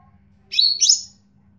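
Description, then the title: Leafbird song fragment: one brief, bright, high warbled phrase over a faint low hum. "CUCAK IJO"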